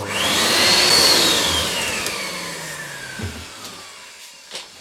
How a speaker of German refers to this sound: Jetzt sauge ich erstmal diesen Stuhl ab, sonst kann ich mich auf den nicht draufsetzen. Das ist der alte Bürostuhl, der immer so gequietscht hat, bevor ich den neuen bekommen habe, der jetzt auch quietscht.